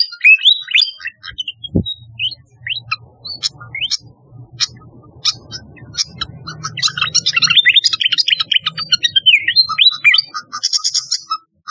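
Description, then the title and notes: Flycatcher song of quick high whistled slurs and chirps, with a faint low hum beneath and a brief knock near the start. "Kicau Burung Sikatan"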